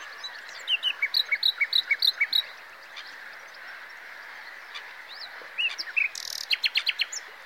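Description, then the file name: Common nightingale song: a run of about ten evenly spaced sharp notes, a pause, then twisting whistles and a fast series of notes. "Luscinia megarhynchos"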